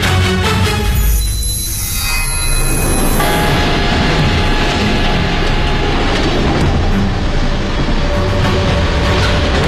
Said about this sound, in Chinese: 1933年3月，一列火车开到黑龙江省佳木斯附近的永丰镇，车上载着的是大批即将出嫁的年轻日本女子。